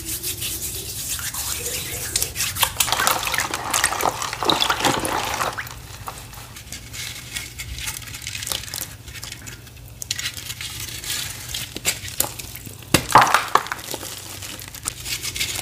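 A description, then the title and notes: Crisp crunching and crumbling of chalk blocks, dense at first, then sparser scratchy bursts with a sharp crack near thirteen seconds, low steady hum beneath. ASMR crushing watermelon themed pasted gym chalk blocks.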